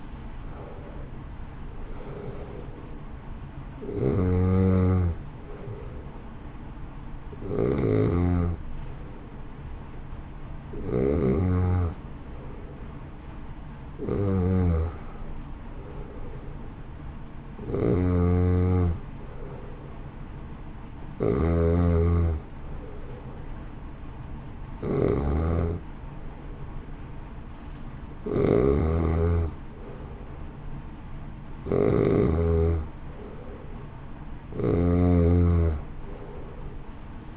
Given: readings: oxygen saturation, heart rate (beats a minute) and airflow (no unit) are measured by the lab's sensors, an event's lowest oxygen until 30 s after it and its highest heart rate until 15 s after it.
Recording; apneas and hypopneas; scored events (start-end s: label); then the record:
breathing in sleep by a smartphone at the bedside; 1
6.00-31.60 s: hypopnea (N2, oxygen 93% highest, then 90% lowest, heart rate 60 at the start, 65 highest)
From the record:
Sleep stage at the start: N2 (light sleep); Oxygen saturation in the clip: 88 to 93%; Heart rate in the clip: 52 to 64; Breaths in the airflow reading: 11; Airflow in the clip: -1.4 to 1.8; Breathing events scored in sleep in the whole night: 328 in 6.3 hours asleep